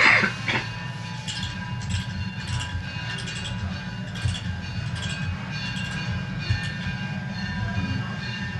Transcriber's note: temple bells ringing in background